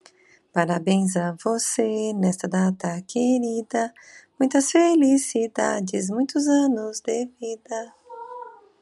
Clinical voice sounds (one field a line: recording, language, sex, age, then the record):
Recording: short text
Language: Brazilian Portuguese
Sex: female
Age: 50 to 59 years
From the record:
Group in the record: control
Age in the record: 55 years